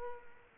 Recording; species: mosquito wingbeat signal from an infrared sensor; Culex quinquefasciatus